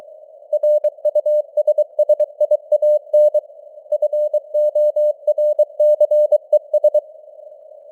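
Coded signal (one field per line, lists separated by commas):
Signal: Morse code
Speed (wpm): 23 wpm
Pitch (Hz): 600 Hz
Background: none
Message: RUSSIAN FORCES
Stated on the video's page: Morse news headlines at 23 wpm with simulated radio noise and varying signal strength (QSB).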